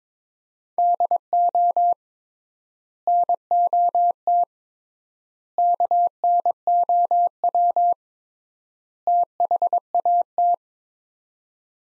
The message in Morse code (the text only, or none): DO NOT KNOW THAT